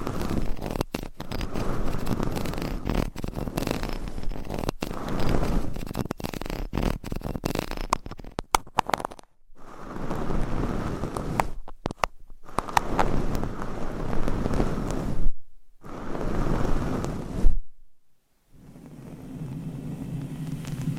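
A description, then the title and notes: Scratching, tapping and brushing on microphones fill the clip with dense, rough rustling that covers everything from deep rumble to high hiss. Sharp taps punctuate the first eight seconds, then the scraping comes in bursts broken by sudden silent gaps, ending in a lower, muffled rubbing. ASMR Mic Scratching - Tapping & Brushing on 7 Mics with DIY Mic Covers 100% Tingles - No Talking.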